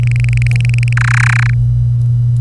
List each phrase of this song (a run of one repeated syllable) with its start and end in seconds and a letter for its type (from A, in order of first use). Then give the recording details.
0.03-0.93 A, 0.97-1.50 B. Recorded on 25 April 2018 at 09:43. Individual llb3